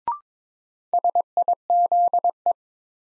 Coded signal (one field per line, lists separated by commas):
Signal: Morse code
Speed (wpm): 22 wpm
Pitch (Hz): 700 Hz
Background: none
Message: SIZE